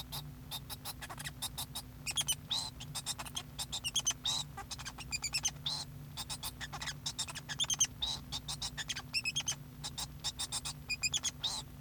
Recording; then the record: song of a male Bengalese finch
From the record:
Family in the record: son of father 2